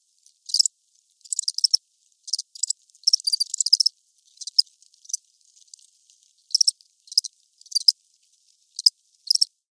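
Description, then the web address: Crickets chirping in high, rasping bursts, some single and some bunched into quick clusters, separated by irregular quiet gaps. Crickets chirping, recorded close with movement. "Blast Wave Update 1 Crickets Chirps. animal crickets chirps movement close insect bug"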